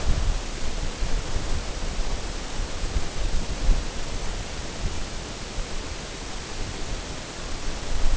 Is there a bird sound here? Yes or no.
no